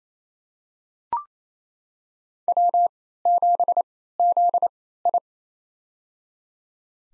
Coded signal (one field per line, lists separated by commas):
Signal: Morse code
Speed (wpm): 29 wpm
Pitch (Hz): 700 Hz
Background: none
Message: W7ZI